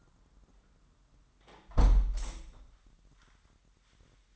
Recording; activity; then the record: daily activity, microphone in the room; close window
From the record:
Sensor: 3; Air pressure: 998.6 hPa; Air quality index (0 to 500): 152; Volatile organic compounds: 5 ppm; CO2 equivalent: 1835 ppm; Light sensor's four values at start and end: 11/28/12/13 and 11/27/11/12